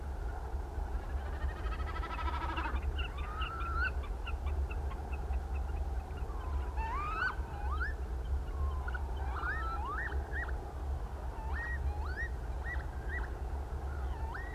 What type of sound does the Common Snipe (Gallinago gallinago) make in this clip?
call